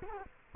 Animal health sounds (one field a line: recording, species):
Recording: mosquito wingbeat signal from an infrared sensor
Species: Culex quinquefasciatus